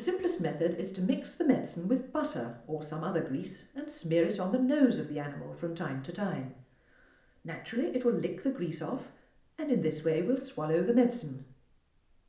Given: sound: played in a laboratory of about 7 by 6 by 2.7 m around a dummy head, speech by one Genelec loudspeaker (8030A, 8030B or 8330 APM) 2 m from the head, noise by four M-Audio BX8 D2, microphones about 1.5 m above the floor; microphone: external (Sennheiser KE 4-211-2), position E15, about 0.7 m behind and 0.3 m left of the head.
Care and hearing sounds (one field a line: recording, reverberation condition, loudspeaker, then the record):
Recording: female speech in English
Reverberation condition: medium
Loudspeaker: 120 degrees to the left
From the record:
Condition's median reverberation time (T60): about 510 ms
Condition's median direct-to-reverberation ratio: about -0.5 dB